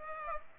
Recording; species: mosquito wingbeat signal from an infrared sensor; Aedes aegypti